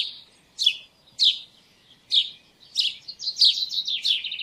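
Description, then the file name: House sparrow chirping, a run of bright, scratchy chirps that speed up and run together toward the end. "Passer domesticus"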